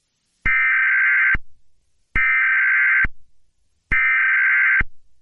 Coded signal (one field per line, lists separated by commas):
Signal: Emergency Alert System (SAME) tones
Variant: header bursts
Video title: RobotBoy: EAS Scenario (Retake) Part 1